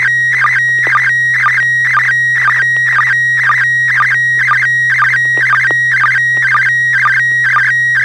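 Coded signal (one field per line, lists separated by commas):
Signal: SSTV (slow-scan television)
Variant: PD120 mode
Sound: repeating warbling scan lines about twice a second, with steady whistle tone between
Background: low steady hum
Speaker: affirmative kp family pictures coming over pd 120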